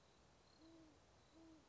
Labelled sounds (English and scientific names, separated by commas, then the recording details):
Great Horned Owl (Bubo virginianus)
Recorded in Sonoma County, California